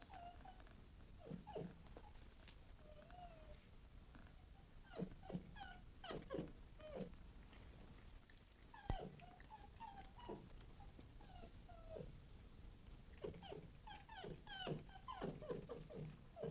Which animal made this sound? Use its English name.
Red Fox